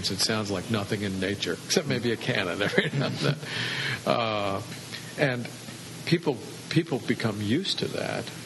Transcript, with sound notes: It sounds like nothing in nature, except maybe a cannon. [laughter] And people become used to that.